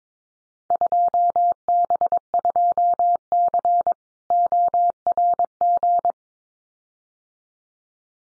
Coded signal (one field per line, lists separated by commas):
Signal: Morse code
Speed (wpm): 22 wpm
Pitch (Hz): 700 Hz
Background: none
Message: 2B2C ORG